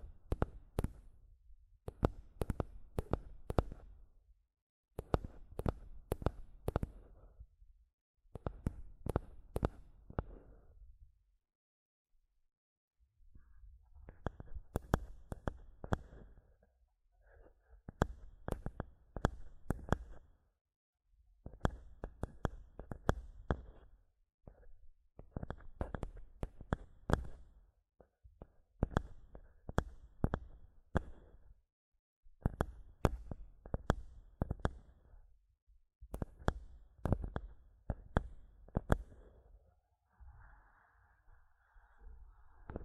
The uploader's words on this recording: ASMR Mic Tapping and Scratching (No Talking).